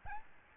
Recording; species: mosquito wingbeat signal from an infrared sensor; Aedes albopictus